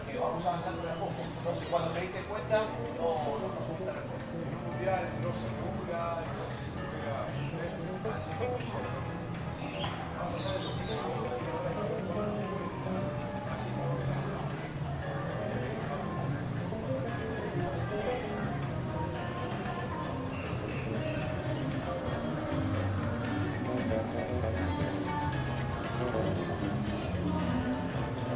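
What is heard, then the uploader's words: Walking down 5th Avenue in Playa Del Carmen, a steady crowd of overlapping voices fills the whole stretch with constant chatter. Footsteps and an occasional clopping sound pass by, while the overall level stays even from start to finish. Walking Down 5th Avenue In Playa Del Carmen (Ambient Sounds, Walking, Talking, Car Noise, Footsteps, Birds Chirping). In this episode we are taking a stroll down the busy 5th avenue in Playa Del Carmen, Mexico.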